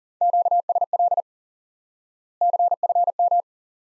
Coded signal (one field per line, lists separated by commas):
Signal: Morse code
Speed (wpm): 40 wpm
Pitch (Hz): 700 Hz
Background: none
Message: QSL CFM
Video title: Course 3 - Lesson 53 - QRQ - Two Elements